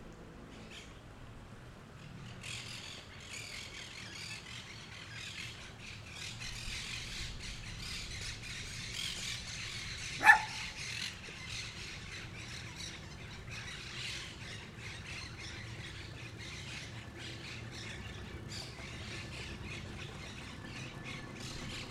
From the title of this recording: Delta del Tigre, Argentina